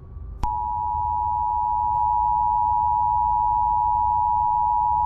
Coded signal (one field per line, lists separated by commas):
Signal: Emergency Alert System (SAME) tones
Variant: 853 and 960 Hz attention tone